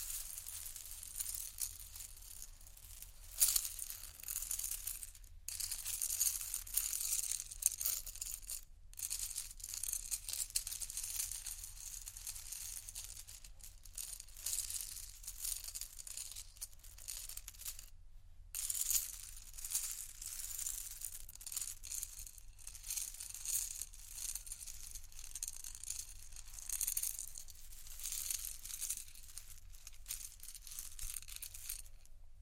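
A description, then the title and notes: Crystals are handled, making a dense, steady crackle of gritty scraping and crinkling that stays bright and sharp throughout. The sound cuts out briefly near 5, 9 and 18 seconds, and a faint low hum sits underneath. ASMR Prisms, Crystals, Diamonds', Quartz (No Talking).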